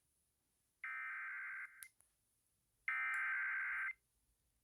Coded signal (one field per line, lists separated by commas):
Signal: Emergency Alert System (SAME) tones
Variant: header bursts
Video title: Eas svr Eas#699